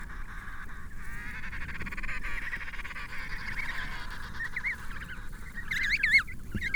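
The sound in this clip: Penguin calls from many birds at once, a steady overlapping chorus of harmonic honking notes, with one louder rising and falling call near the end over low rumbling noise.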